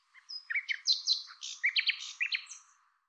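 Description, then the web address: Bird song: one quick, varied warbling phrase of mixed high whistles, slurs and chips packed closely together. "cianscape birddata Deverinetal 2025 Bird Lu Me Lu Me"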